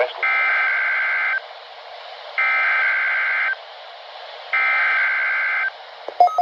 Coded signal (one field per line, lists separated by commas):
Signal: Emergency Alert System (SAME) tones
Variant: header bursts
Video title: First RWTs and Alerts for Fall 2021 (EAS 351-368)